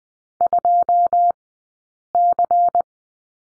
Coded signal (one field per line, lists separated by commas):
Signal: Morse code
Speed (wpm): 20 wpm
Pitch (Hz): 700 Hz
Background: none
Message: 2C